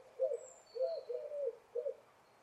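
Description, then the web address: Bird giving soft, low cooing notes in a short irregular series, with faint thin high whistles above. "Deverinetal 2025. Bird Only"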